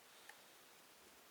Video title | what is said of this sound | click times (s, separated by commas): Samsung Appliance Review Repair Dishwasher Error code 9e Broken Problems diy How to fix stove oven | the 1 tab 2 3, it just simply, this is snaps nice and easy. | 0.3 s